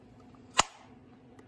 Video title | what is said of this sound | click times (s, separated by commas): DON’T BUY A CRAPPY HOLSTER | okay you hear a little click that way you know it's in there and then you hear it again | 0.6 s